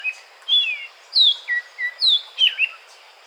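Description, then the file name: Oriental magpie-robin giving a quick series of sweet whistled notes, several sliding downward. Recorded at Weddagala, Sri Lanka, on 5 March 2015. "Magpie-Robin Weddagala-05 Mar 2015"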